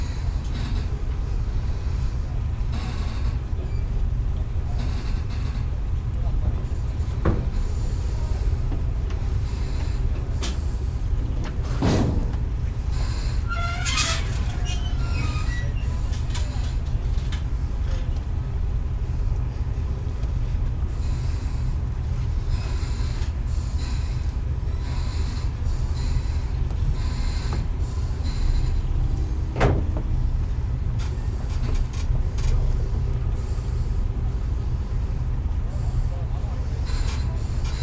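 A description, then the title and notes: A steady, heavy low rumble of boat engines fills the waterside scene, dense and unbroken throughout. Brief clicks and knocks punctuate it, with a brighter burst of sharp sounds around the middle and faint voices now and then in the background. Boarding point for the ferry to Vallisaari. On the island of Vallisaari, at the nearest point to the fortress on Suomenlinna, boats of all kinds vie with enormous ferries arriving from, and departing for Estonia, Åland and Sweden through what is known as the Gibraltar of the North. Recorded by Julian Weaver.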